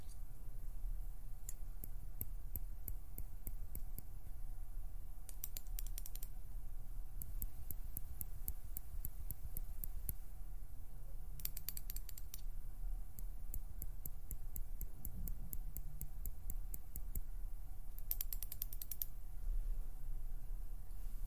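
Fingers pluck, pinch and flutter, making clusters of small, sharp ticking clicks that come in bursts of a second to several seconds, with brief dense flurries around 5, 12 and 18 seconds. A low, steady rumble and faint hum run underneath throughout.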